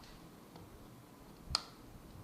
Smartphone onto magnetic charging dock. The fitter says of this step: so as you can see you heard the click so the magnet is in action